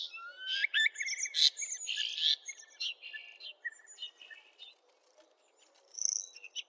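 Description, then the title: Oriental magpie-robin song: a rich, fast medley of whistles, rising sweeps and harsh chattering notes, pausing near the end before a final burst of high trills. "Kicau Kacer"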